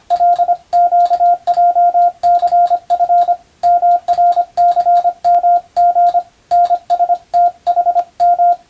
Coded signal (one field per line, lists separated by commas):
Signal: Morse code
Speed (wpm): 25 wpm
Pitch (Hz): 700 Hz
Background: radio noise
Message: LQJCF MRCMG NSTHM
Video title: スマホ時代の今でも行われているモールスの国家試験の練習風景です。通信技術の原点！アマチュア無線ハムの受信練習にもどうぞ(morse code practice for radio operator )